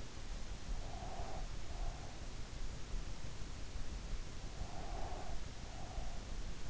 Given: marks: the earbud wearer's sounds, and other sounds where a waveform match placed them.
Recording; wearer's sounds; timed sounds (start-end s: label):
sounds in sleep by an in-ear microphone; breath
0.87-2.17 s: breath
4.58-6.21 s: breath